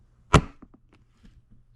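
A small plastic wheel is pushed onto the axle of a toy skateboard truck and snaps on with a sharp click at 0.3 s, followed by a few faint ticks. The retaining tabs pop out, showing the wheel is fully seated on the axle, since it is not fully seated until the click is heard.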